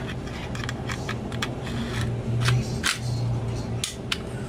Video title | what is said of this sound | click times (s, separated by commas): Glock 26 Glock 17 Glock 19 Brand New Unboxing and Comparisons | then it clicks into place | 3.8 s, 4.1 s